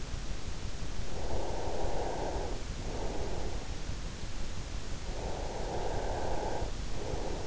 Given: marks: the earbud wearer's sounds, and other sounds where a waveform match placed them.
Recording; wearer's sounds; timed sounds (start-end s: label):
sounds in sleep by an in-ear microphone; breath
1.06-3.64 s: breath
5.09-7.47 s: breath